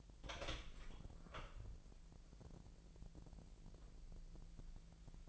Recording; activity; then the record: daily activity, microphone in the room; open door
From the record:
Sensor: 5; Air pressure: 1001.4 hPa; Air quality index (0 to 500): 250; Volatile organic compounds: 36 ppm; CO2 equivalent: 3070 ppm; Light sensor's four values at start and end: 35/81/32/31 and 35/81/32/31